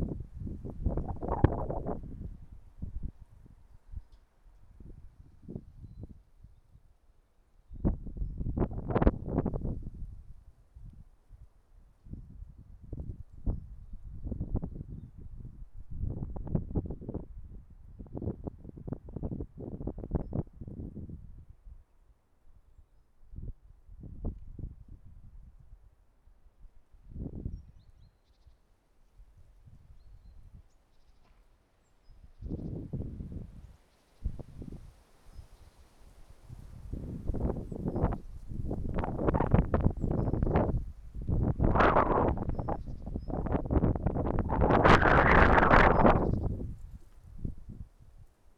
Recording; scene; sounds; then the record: everyday scene through a hearing-aid microphone; wind on the microphone; wind, traffic, birds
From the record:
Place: suburban garden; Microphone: behind the ear, right, rear